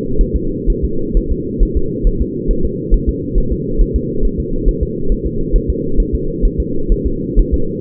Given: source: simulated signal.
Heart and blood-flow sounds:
fetal heart sounds
0.21 s: S1
0.36 s: S2
0.70 s: S1
0.84 s: S2
1.17 s: S1
1.32 s: S2
1.63 s: S1
1.77 s: S2
2.07 s: S1
2.22 s: S2
2.51 s: S1
2.65 s: S2
2.94 s: S1
3.09 s: S2
3.38 s: S1
3.52 s: S2
3.81 s: S1
3.96 s: S2
4.25 s: S1
4.40 s: S2
4.69 s: S1
4.83 s: S2
5.12 s: S1
5.27 s: S2
5.56 s: S1
5.70 s: S2
6.00 s: S1
6.15 s: S2
6.45 s: S1
6.60 s: S2
6.92 s: S1
7.06 s: S2
7.39 s: S1
7.54 s: S2
From the record:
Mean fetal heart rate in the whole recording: 130 bpm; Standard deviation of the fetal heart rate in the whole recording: 4 bpm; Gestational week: 38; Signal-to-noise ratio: -8.1 dB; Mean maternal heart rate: 72 bpm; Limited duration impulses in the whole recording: absent

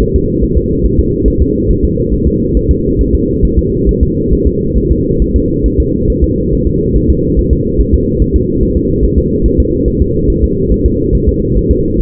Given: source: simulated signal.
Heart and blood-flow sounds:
fetal heart sounds
0.02 s: S1
0.16 s: S2
0.44 s: S1
0.57 s: S2
0.85 s: S1
0.99 s: S2
1.28 s: S1
1.42 s: S2
1.70 s: S1
1.84 s: S2
2.14 s: S1
2.28 s: S2
2.57 s: S1
2.71 s: S2
3.01 s: S1
3.15 s: S2
3.45 s: S1
3.59 s: S2
3.89 s: S1
4.03 s: S2
4.33 s: S1
4.47 s: S2
4.78 s: S1
4.91 s: S2
5.22 s: S1
5.36 s: S2
5.66 s: S1
5.80 s: S2
6.10 s: S1
6.24 s: S2
6.53 s: S1
6.67 s: S2
6.96 s: S1
7.10 s: S2
7.39 s: S1
7.53 s: S2
7.80 s: S1
7.94 s: S2
8.22 s: S1
8.36 s: S2
8.63 s: S1
8.77 s: S2
9.04 s: S1
9.18 s: S2
9.46 s: S1
9.60 s: S2
9.88 s: S1
10.02 s: S2
10.30 s: S1
10.44 s: S2
10.72 s: S1
10.86 s: S2
11.15 s: S1
11.29 s: S2
11.57 s: S1
11.71 s: S2
12.00 s: S1
From the record:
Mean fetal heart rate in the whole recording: 140 bpm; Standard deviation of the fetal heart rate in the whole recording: 2 bpm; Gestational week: 34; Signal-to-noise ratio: -10.2 dB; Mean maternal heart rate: 72 bpm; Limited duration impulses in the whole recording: present

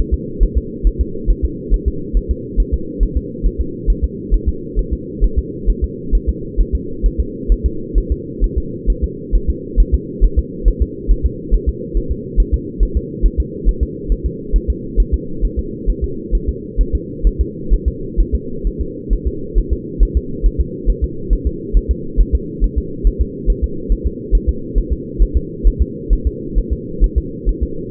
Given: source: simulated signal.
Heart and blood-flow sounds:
fetal heart sounds
0.14 s: S2
0.43 s: S1
0.57 s: S2
0.87 s: S1
1.01 s: S2
1.31 s: S1
1.45 s: S2
1.74 s: S1
1.88 s: S2
2.17 s: S1
2.31 s: S2
2.60 s: S1
2.74 s: S2
3.03 s: S1
3.17 s: S2
3.46 s: S1
3.61 s: S2
3.90 s: S1
4.04 s: S2
4.34 s: S1
4.49 s: S2
4.79 s: S1
4.93 s: S2
5.24 s: S1
5.38 s: S2
5.70 s: S1
5.84 s: S2
6.15 s: S1
6.29 s: S2
6.61 s: S1
6.75 s: S2
7.06 s: S1
7.20 s: S2
7.52 s: S1
7.66 s: S2
7.98 s: S1
8.12 s: S2
8.44 s: S1
8.58 s: S2
8.90 s: S1
9.04 s: S2
9.35 s: S1
9.50 s: S2
9.80 s: S1
9.94 s: S2
10.25 s: S1
10.39 s: S2
10.68 s: S1
10.82 s: S2
11.11 s: S1
11.26 s: S2
11.54 s: S1
11.69 s: S2
11.97 s: S1
12.12 s: S2
12.40 s: S1
12.54 s: S2
12.83 s: S1
12.97 s: S2
13.26 s: S1
13.40 s: S2
13.69 s: S1
13.83 s: S2
14.12 s: S1
14.26 s: S2
14.56 s: S1
14.70 s: S2
15.00 s: S1
15.14 s: S2
15.45 s: S1
15.59 s: S2
15.90 s: S1
16.04 s: S2
16.35 s: S1
16.49 s: S2
16.81 s: S1
16.95 s: S2
17.27 s: S1
17.41 s: S2
17.74 s: S1
17.88 s: S2
18.20 s: S1
18.35 s: S2
18.67 s: S1
18.81 s: S2
19.13 s: S1
19.27 s: S2
19.58 s: S1
19.73 s: S2
20.03 s: S1
20.17 s: S2
20.46 s: S1
20.61 s: S2
20.90 s: S1
21.04 s: S2
21.33 s: S1
21.47 s: S2
21.77 s: S1
21.91 s: S2
22.20 s: S1
22.35 s: S2
22.64 s: S1
22.78 s: S2
23.07 s: S1
23.21 s: S2
23.50 s: S1
23.64 s: S2
23.92 s: S1
24.07 s: S2
24.35 s: S1
24.49 s: S2
24.78 s: S1
24.93 s: S2
25.22 s: S1
25.37 s: S2
25.67 s: S1
25.82 s: S2
26.13 s: S1
26.27 s: S2
26.58 s: S1
26.73 s: S2
27.04 s: S1
27.18 s: S2
27.49 s: S1
27.63 s: S2
From the record:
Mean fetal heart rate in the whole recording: 135 bpm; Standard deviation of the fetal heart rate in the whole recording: 3 bpm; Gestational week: 36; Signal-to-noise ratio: -4.3 dB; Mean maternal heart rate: 72 bpm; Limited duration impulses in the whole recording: absent

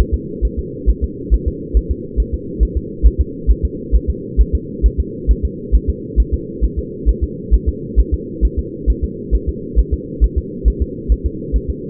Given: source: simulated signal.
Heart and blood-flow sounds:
fetal heart sounds
0.14 s: S2
0.45 s: S1
0.59 s: S2
0.90 s: S1
1.04 s: S2
1.34 s: S1
1.48 s: S2
1.77 s: S1
1.91 s: S2
2.20 s: S1
2.34 s: S2
2.63 s: S1
2.77 s: S2
3.06 s: S1
3.21 s: S2
3.51 s: S1
3.65 s: S2
3.95 s: S1
4.10 s: S2
4.41 s: S1
4.55 s: S2
4.86 s: S1
5.00 s: S2
5.31 s: S1
5.45 s: S2
5.75 s: S1
5.90 s: S2
6.20 s: S1
6.34 s: S2
6.64 s: S1
6.79 s: S2
7.09 s: S1
7.24 s: S2
7.54 s: S1
7.69 s: S2
8.00 s: S1
8.14 s: S2
8.45 s: S1
8.59 s: S2
8.90 s: S1
9.04 s: S2
9.35 s: S1
9.49 s: S2
9.79 s: S1
9.94 s: S2
10.24 s: S1
10.38 s: S2
10.68 s: S1
10.82 s: S2
11.12 s: S1
11.26 s: S2
11.56 s: S1
11.70 s: S2
From the record:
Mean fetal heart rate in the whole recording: 135 bpm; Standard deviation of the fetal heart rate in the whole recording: 3 bpm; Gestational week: 34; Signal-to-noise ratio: -4.1 dB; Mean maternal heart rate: no maternal heart sound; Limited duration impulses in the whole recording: absent

